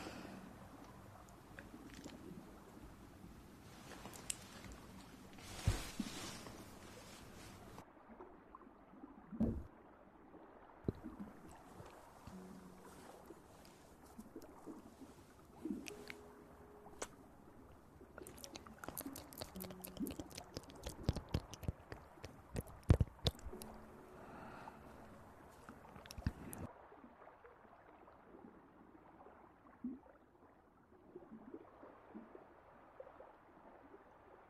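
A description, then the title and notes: Mouth sounds and breathing: wet clicks, smacks and chewing-like noises come in irregular bursts, busiest between about 18 and 26 seconds. A few short breathy gusts and brief low hums break in, and the sound thins out toward the end. Mouth Sounds & Breathing.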